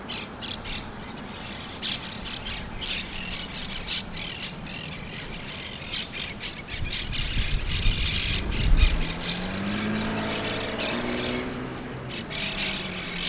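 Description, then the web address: Monk parakeets chattering in harsh repeated squawks, with a low rumbling noise that swells loudly in the second half. Brooklyn. "sounds brooklyn parrots"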